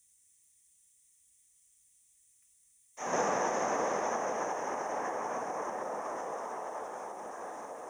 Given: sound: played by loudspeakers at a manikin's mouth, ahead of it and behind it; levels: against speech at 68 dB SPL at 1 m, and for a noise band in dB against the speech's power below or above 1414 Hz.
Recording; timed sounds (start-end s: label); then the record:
test signals for a remote microphone
2.96-7.90 s: speech-spectrum noise from the mouth, turned 45 degrees left
From the record:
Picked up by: remote microphone C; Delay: 23 ms